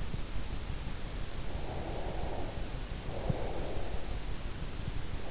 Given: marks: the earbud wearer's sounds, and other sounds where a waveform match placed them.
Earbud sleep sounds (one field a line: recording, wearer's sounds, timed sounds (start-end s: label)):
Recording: sounds in sleep by an in-ear microphone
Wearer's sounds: breath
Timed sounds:
1.61-4.13 s: breath